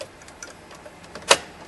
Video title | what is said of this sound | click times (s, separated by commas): Diagnose No Headlight,No Dashboard Lights And No Stop Lights | and then you're locked in back here and we're going to lift our switch back up put it in the dashboard snaps | 1.3 s